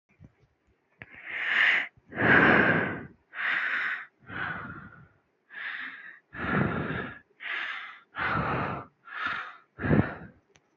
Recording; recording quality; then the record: deep breathing; excellent, no background noise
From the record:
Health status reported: healthy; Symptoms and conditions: none ticked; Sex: female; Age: 23 years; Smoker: not ticked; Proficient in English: yes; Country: India